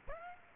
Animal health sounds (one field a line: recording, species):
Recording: mosquito wingbeat signal from an infrared sensor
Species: Aedes aegypti